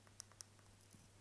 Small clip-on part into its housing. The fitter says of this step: ça se clipse p